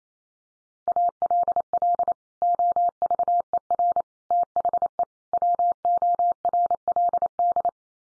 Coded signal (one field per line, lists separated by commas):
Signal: Morse code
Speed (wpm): 28 wpm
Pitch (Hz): 700 Hz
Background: none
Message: ALL OVER THE WORLD